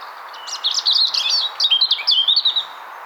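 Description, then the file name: European robin song: a rapid jumble of high liquid warbles and thin whistled notes, clear and bright. "Erithacus rubecula"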